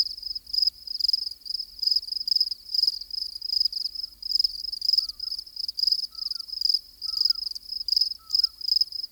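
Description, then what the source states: Crickets chirping: shrill, pulsed trills in quick regular bursts throughout, joined midway by a few faint whistled notes. Active crickets.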